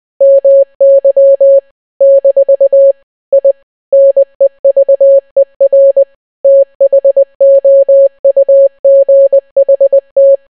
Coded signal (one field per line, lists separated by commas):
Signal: Morse code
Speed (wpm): 20 wpm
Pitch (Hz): 550 Hz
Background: none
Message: MY - I NEVER THOUGHT